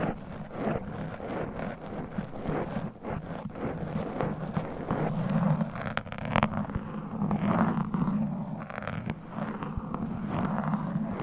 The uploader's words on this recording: ASMR Mic Scratching - Brain Scratching 40 Different Mic Setups - Asmr No Talking.